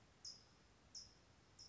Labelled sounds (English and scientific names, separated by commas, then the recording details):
California Towhee (Melozone crissalis)
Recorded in Sonoma County, California